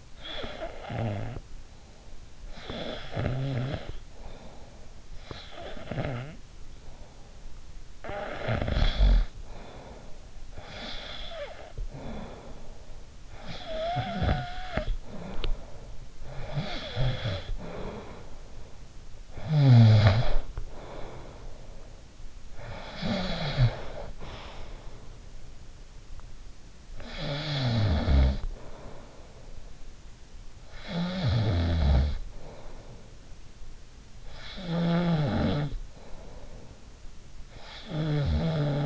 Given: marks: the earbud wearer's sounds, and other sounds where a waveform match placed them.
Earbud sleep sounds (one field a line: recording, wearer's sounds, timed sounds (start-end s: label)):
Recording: sounds in sleep by an in-ear microphone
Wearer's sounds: snoring breath, breath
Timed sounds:
0.00-10.46 s: snoring breath
10.46-12.96 s: breath
12.96-38.86 s: snoring breath